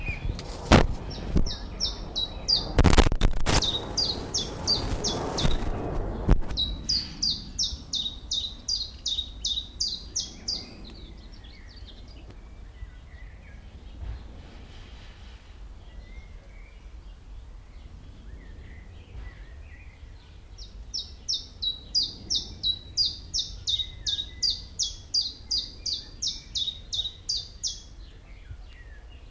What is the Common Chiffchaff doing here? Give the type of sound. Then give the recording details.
song. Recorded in the wild. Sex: male. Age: adult. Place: Lübars (Fließtal), Berlin, DE. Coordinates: 52.6175, 13.3625. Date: 1998-05-10 19:00. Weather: fair, 25°C. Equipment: Sony MD-WM MZ-R3, Sennheiser MKH 416 T, Kopie Uher 4000 Report Monitor. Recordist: Tembrock, Günter